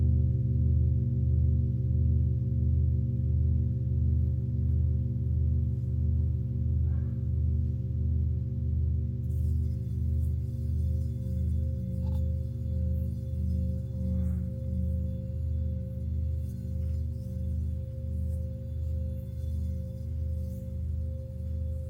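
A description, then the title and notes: A Tibetan singing bowl hums steadily, its deep, layered tone holding throughout with a slow, regular wobble pulsing about twice a second. Higher ringing overtones sit above the low drone, and after about nine seconds faint light ticks and rustles appear in the background. Tibetan Singiing Bowl のサウンドヒーリング.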